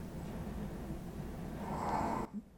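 Soft, low snuffling breath with one louder snore near the end: a little chihuahua snoring quietly while resting calmly.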